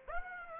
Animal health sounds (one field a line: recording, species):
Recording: mosquito wingbeat signal from an infrared sensor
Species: Aedes aegypti